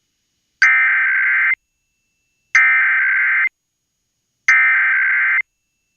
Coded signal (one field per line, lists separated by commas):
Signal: Emergency Alert System (SAME) tones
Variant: header bursts